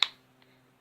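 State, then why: Seated. A camera's pop-up flash is pushed back down into its housing in the camera body and clicks back in with a sharp, bright snap at 0.0 s. The snap fades within about a tenth of a second, followed by a faint low hum and a much softer tick near 0.4 s. The flash is seated.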